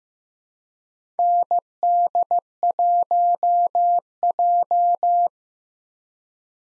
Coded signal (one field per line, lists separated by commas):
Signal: Morse code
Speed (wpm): 15 wpm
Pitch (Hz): 700 Hz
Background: none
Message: ND1J